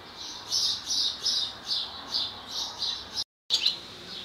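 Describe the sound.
Swallow chirps, a high note repeated in a steady series, with a brief gap near the end.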